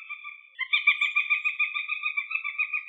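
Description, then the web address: Northern Goshawk calling: a harsh, nasal, harmonic note, then a rapid chattering series of repeated pulses, steady in pitch for over two seconds. "Accipiter gentilis"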